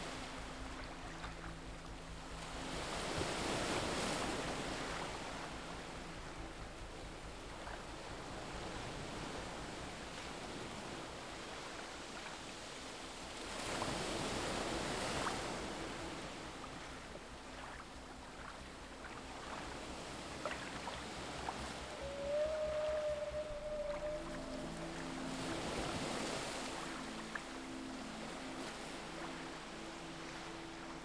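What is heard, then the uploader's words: Waves roll in on a deserted beach, each surge swelling and washing across the sand at about 4, 14–15 and 26 seconds, with a steady hiss of surf between them. A low, steady engine hum runs underneath, and a brief whistling tone sounds near 22 seconds. On a deserted beach.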